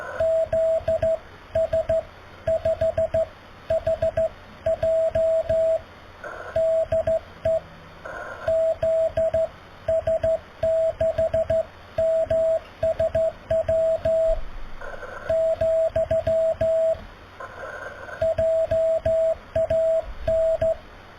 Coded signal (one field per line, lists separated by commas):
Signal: Morse code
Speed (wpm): 14 wpm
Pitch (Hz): 650 Hz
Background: radio noise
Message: ZS5HJ DE ZS6MSW , JAN